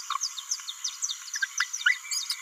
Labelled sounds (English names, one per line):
Green-rumped Parrotlet babbling